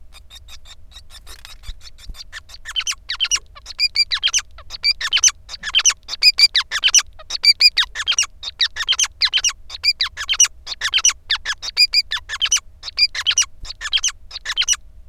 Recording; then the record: song of a male Bengalese finch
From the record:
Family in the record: son of father 5